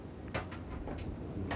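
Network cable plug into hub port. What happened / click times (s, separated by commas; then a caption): The network cable plug clicked into the port / 0.4 s. An RJ45 network cable from a machine is pushed into a port on a network hub, with a single clear click at 0.4 s as the plug seats. Fainter ticks come just before and at about 0.9 s, over a steady low background hum.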